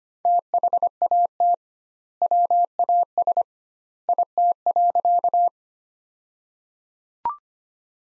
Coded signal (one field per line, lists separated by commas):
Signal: Morse code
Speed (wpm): 25 wpm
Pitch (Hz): 700 Hz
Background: none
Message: THAT WAS IT.